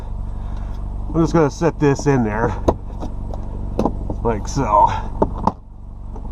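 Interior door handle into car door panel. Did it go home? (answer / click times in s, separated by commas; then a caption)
yes / 5.2 s, 5.5 s. A replacement plastic interior passenger-side door handle for a 2011 Mitsubishi Eclipse is set into its mounting holes in the car door panel and pushed while someone talks over a steady low background hum. Sharp clicks at 5.2 s and 5.5 s mark the handle popping into place, where it seats and holds itself.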